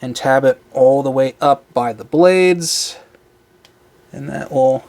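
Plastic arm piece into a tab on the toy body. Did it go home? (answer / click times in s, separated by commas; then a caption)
no / none. Someone talks while handling a plastic arm piece, tabbing it up by the blades toward a tab on the plastic toy body, with a quiet pause and a couple of faint ticks near 3.2 and 3.7 seconds before the talking resumes. The arm piece has not snapped into place yet; nothing has seated.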